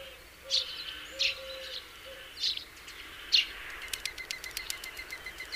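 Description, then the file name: House sparrow chirps: short, bright notes repeated roughly every second, then a quick run of ticking notes, over soft low hooting whistles from another bird. "Passer domesticus"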